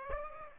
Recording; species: mosquito wingbeat signal from an infrared sensor; Aedes aegypti